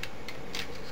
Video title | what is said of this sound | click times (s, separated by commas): Transformers Masterpiece Megatron review (pt 4.1) | just fold it down here till it clicks in. | 0.0 s